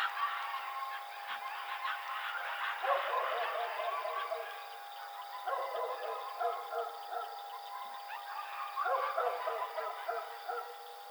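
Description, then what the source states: Coyote yips and howls in several bursts of quick wavering notes, with short lulls between them. Recorded 4 April 2006.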